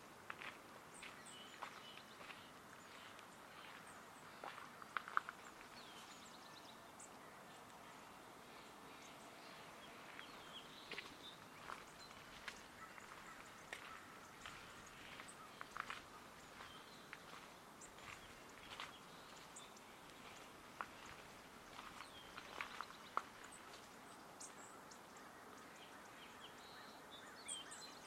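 Footsteps along an outdoor path, with a steady soft hiss of open air underneath and frequent short crunching or snapping clicks scattered throughout. Brief brighter chirps or taps stand out around five and twenty-three seconds, and a faint murmur hints at activity.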